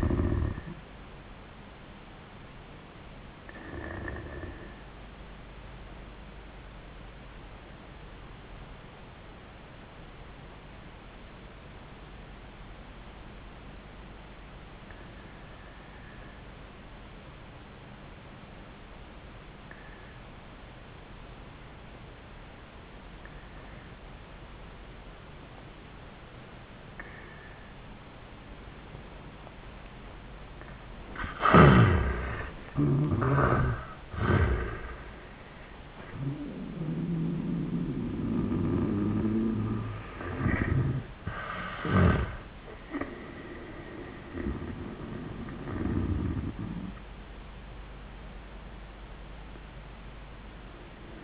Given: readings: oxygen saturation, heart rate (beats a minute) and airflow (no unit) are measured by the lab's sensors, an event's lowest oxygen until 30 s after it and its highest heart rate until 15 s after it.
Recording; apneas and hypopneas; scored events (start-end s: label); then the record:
breathing in sleep by a voice recorder at the bedside; 1
6.00-30.80 s: obstructive apnea (N1, oxygen 95% highest, then 76% lowest, heart rate 81 at the start, 96 highest)
9.00-39.00 s: new sleep stage, N2 (light sleep)
39.00-51.24 s: new sleep stage, N1 (lightest sleep)
From the record:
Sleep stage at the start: N1 (lightest sleep); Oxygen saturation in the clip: 79 to 95%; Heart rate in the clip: 77 to 96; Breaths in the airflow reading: 3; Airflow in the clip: -23.0 to 11.8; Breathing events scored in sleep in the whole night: 400 in 8.7 hours asleep